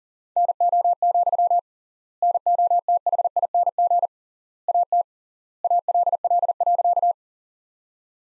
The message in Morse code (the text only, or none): NO, NOTHING AT ALL.